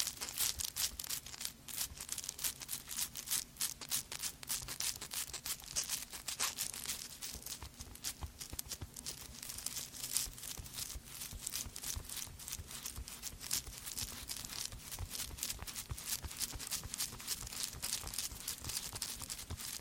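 Dense, rapid brushing through hair with bright crackly strokes and quick tapping layered over it, continuing evenly throughout with a low steady hum underneath.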